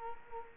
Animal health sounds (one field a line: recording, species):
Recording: mosquito wingbeat signal from an infrared sensor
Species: Culex quinquefasciatus